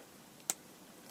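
Two Märklin 8158 Z scale model railway track sections are pushed together so the metal fish plates engage with the next section. A single sharp, bright click sounds at 0.5 s over quiet background hiss. The track joint is seated and engaged.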